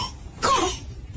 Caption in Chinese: 这个犬样的咳嗽就是带有回声的咳嗽声，呈空空空样或者打空腔样，像小狗叫。 这种像小狗叫一样的叫犬吠样咳嗽，就是急性喉炎的典型症状。